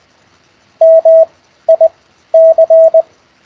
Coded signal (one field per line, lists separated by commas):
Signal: Morse code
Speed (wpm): 20 wpm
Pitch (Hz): 660 Hz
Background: none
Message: MIC